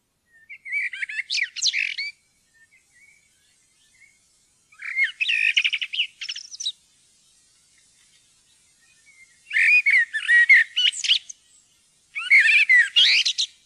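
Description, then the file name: Common blackbird song: four separate phrases of low melodious whistles mixed with thin, high chattering flourishes, spaced by quiet gaps of one to three seconds. "svarttrost"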